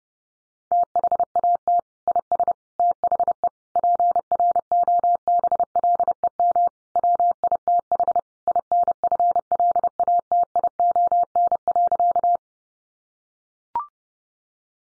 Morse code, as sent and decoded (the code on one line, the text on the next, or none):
- .... .- - / .. ... / - .... . / .--. .-. --- -... .-.. . -- / .-- .. - .... / .. -. ..-. .-.. .- - .. --- -. .-.-.-
THAT IS THE PROBLEM WITH INFLATION.